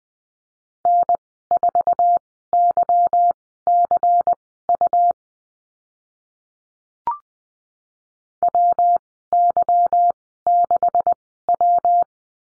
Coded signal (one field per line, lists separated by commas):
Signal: Morse code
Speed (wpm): 20 wpm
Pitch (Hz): 700 Hz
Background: none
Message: N4YCU WY6W